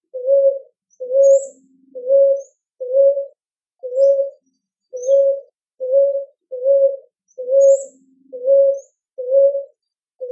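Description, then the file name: Ruddy ground dove cooing persistently, a long regular run of short, soft, low-pitched coos just under a second apart, with faint high chirps from other birds. "Rolinha roxa"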